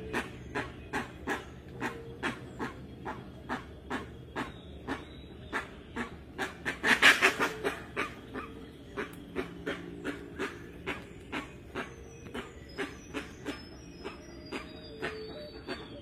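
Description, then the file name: Rusty-margined guan calling in a long run of rasping, panting pulses, a louder burst midway, with thin whistled notes of other birds in the background. "Canto da jacupemba"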